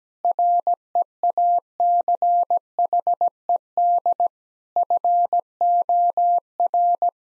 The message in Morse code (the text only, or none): REACHED FOR